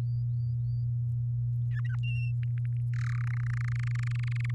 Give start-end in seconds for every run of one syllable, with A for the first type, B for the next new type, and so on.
1.71-1.96 A, 2.03-2.32 B, 2.43-2.77 C, 2.94-3.22 D, 3.24-4.51 E